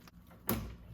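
The original fuel line's quick-connect coupling is pushed onto the hard metal fuel line behind the engine of a 5.7 HEMI being fitted with a Hellcat supercharger for E85. After a low, quiet lead-in, a sharp click at 0.5 s rings out with a broad burst of sound that fades over the next few tenths of a second. The coupling is seated.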